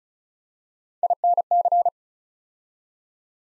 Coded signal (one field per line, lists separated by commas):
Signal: Morse code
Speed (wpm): 36 wpm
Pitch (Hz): 700 Hz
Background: none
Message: INC